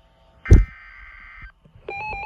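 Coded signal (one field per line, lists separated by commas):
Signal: Emergency Alert System (SAME) tones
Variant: header bursts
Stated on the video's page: Real severe thunderstorm warning EAS alert on weather radio stations KEC55/KEC56.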